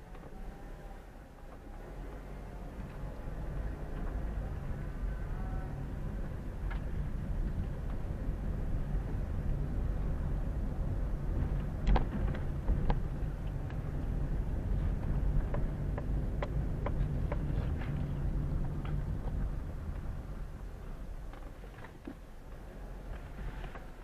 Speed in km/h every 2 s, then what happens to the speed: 6, 10, 13, 14, 16, 17, 17, 19, 20, 16, 6, 5.
0-5 speeds up to 14. 5-17 steady at about 17. 17-20 brakes to 6.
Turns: none.